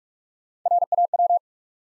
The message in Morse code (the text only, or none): R A W